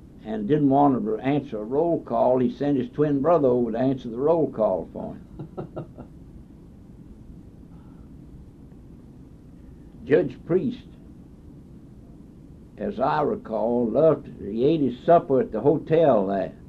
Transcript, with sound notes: and didn’t want to answer a roll call, he sent his twin brother over to answer the roll call for him. [laughs] Judge Priest, as I recall, loved—he ate his supper at the hotel there,